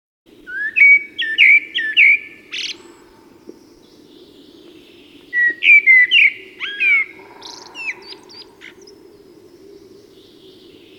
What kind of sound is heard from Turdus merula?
song